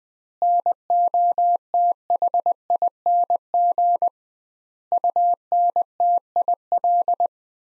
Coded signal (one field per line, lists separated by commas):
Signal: Morse code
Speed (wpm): 20 wpm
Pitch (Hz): 700 Hz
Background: none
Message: NOTHING UNTIL